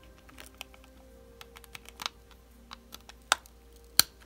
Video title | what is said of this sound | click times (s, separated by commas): Beverly Crystal Puzzle- Rilakkuma and Kiiroitori- Tutorial Version | once you hear that little click don't tighten anymore so that's as far as it should go | 4.0 s